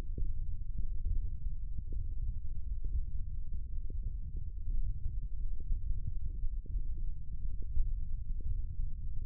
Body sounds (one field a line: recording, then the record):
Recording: forearm muscle sounds (acoustic myography)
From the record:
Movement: thumb flexion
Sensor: system 1, eight BSWA MPA416 microphones around the upper forearm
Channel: 6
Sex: male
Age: 21 years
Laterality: right